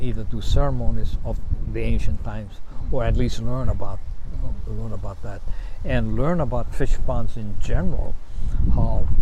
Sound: none